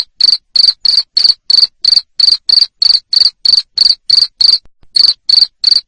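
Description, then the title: Cricket chirping: short, bright, high-pitched chirps repeated steadily about three times a second, with one brief break partway through. Loud cricket chirping ('ngerik'), played to stimulate lovebirds to keep singing (ngekek). "Suara JANGKRIK NGERIK Keras Bikin LOVEBIRD Jadi NGEKEK Terus Vubey"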